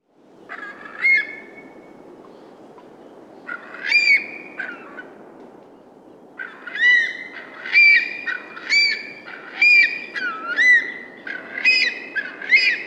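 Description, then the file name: Far Eastern curlew giving ringing, arched whistled calls, first two spaced notes, then a pause, then a quicker run of similar rising-and-falling notes. Australia. "Australian Bird Calls - Far Eastern Curlew"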